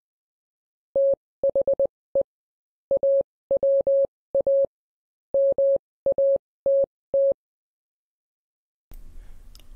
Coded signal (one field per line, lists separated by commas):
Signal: Morse code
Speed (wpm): 20 wpm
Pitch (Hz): 550 Hz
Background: none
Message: THE AWA MATT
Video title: Assembling Morse Assistive Technology Trainer -Step by Step